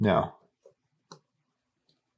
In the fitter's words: yes a little click